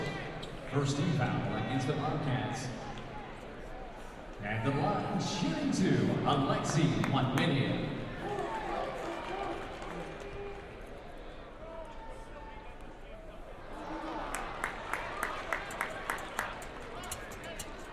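A crowd murmurs and chatters inside a large, echoing arena during a student basketball game, with a man speaking loudly in bursts around one to three seconds and again from five to eight seconds. Toward the end, quick sharp squeaks or claps repeat rapidly.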